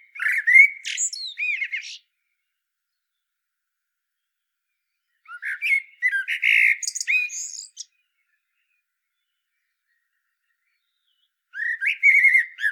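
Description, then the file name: Common blackbird song: three separate phrases of low fluted warbling with squeaky, higher twittering, with long silent pauses between. "Turdus merula"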